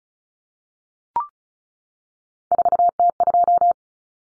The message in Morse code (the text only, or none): 4T2